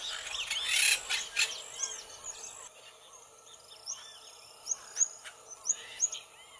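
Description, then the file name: Cocota song: a burst of harsh noisy notes at first, then several short, high, upslurred whistles, with faint chirping behind. "canto da cocota"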